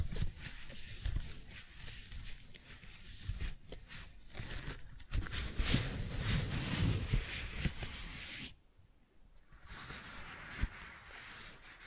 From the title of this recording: Tingly Flower Sounds